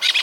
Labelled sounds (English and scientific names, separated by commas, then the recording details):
Brown-throated Parakeet (Eupsittula pertinax) contact call
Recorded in Venezuela
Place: Guárico; Corozopando; Fundo La Fe
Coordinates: 8.506, -67.593